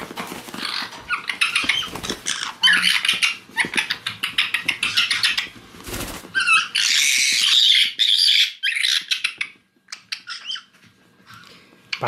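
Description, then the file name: Caique chick gives rapid buzzy, harsh squawking chatter in bursts, breaking off into a brief quiet before resuming with a few sharp notes. Chick singing, getting playful. "ptenec ryzegolovogo kaika razygralsya"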